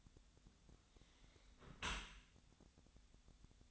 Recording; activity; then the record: daily activity, microphone in the room; close dishwasher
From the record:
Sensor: 3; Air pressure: 1006.6 hPa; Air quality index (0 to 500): 208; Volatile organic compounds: 19 ppm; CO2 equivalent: 2651 ppm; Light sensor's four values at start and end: 11/25/10/10 and 11/25/10/10